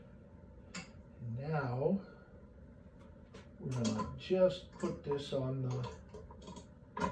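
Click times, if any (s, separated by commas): 7.0 s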